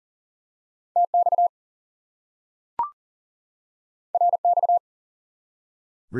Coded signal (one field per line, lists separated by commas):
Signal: Morse code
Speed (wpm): 40 wpm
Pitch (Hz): 700 Hz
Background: none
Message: TX RX